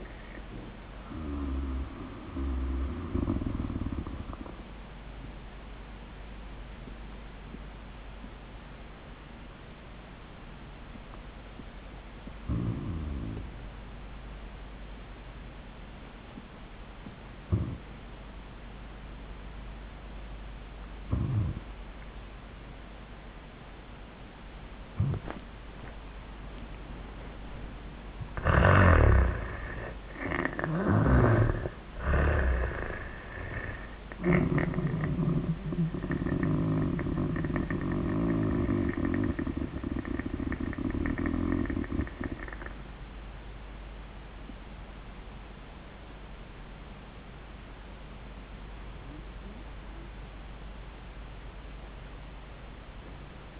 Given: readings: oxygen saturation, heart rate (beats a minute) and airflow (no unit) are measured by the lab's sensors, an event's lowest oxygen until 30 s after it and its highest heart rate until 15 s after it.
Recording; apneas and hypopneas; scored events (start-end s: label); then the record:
breathing in sleep by a voice recorder at the bedside; 1
3.00-29.00 s: hypopnea (N1, oxygen 98% highest, then 82% lowest, heart rate 74 at the start, 93 highest)
45.00-53.60 s: new sleep stage, N2 (light sleep)
From the record:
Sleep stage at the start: N1 (lightest sleep); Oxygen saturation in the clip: 82 to 98%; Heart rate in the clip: 74 to 93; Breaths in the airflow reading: 9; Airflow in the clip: -14.9 to 9.1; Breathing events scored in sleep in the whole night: 400 in 8.7 hours asleep